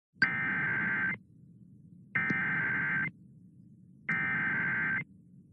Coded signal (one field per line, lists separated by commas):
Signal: Emergency Alert System (SAME) tones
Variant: header bursts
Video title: EAS Scenario - Possessed III